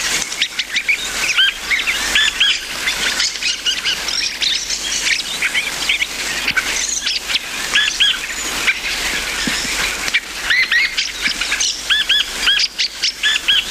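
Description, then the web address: Dusky thrush calls: clusters of quick, looping chirps given in several bursts, with overlapping chatter and background hiss. "sikioto birds tsugugi"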